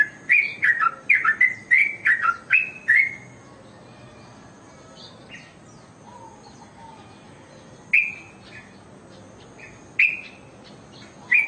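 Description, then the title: Oriental magpie-robin song: a lively run of varied whistles at the start, then sparse single sharp whistled notes a few seconds apart. "Kicau Kacer"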